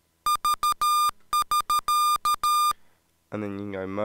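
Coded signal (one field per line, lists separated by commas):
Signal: Morse code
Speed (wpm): 13 wpm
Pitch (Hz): 1210 Hz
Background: speech, music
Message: V<SK>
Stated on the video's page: Automatic Morse code from East German Device 32620 speech Morse generator, shown in a real-time demonstration using MAME emulation.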